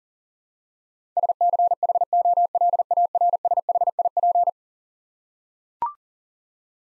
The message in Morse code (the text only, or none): SCHOLARSHIP